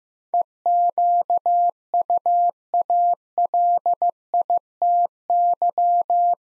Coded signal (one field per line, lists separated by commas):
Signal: Morse code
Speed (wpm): 15 wpm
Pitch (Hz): 700 Hz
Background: none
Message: EQUALITY